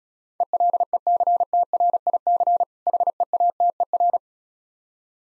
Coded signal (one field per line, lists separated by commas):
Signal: Morse code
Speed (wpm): 36 wpm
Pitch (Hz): 700 Hz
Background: none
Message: ELECTRIC HEATER